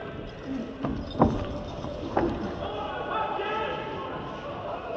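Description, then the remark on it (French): A dense, steady roar of many agitated voices fills the whole stretch, broken by a couple of sharp hoof-like knocks early on as the queen's mounted soldiers move among an approaching rioting crowd carrying pickaxes, pikes and torches. “Les pensionnaires de la reine à cheval et en bataille, tout cela vient par ici.”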